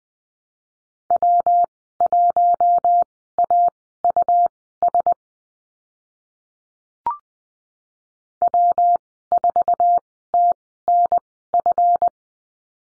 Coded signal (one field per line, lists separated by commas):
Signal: Morse code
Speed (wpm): 20 wpm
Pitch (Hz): 700 Hz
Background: none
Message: W1AUS W4TNF